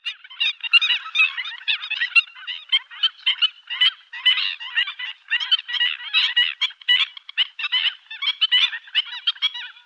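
Black-winged stilt calls: a dense, overlapping run of sharp, nasal yelping notes, continuing without pause for the whole stretch.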